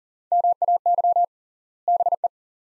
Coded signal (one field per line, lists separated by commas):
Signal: Morse code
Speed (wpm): 40 wpm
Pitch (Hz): 700 Hz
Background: none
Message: MAY BE